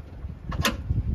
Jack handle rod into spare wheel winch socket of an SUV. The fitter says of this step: एक खट से आवाज आई इसके बाद यह लेना है